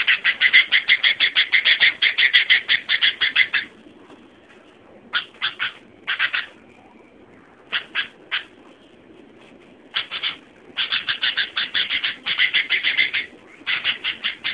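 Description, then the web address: Sooty-headed bulbul giving rapid repeated notes: a long fast series, then a few short scattered groups, then a fast series again toward the end. "suara kutilang asli. burung kutilang"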